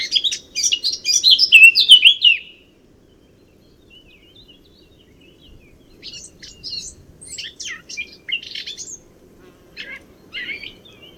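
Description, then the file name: Eurasian blackcap song: a loud burst of rich warbling for about two seconds, followed by quieter scattered chirps and short twittering phrases after a pause. "Sylvia atricapilla"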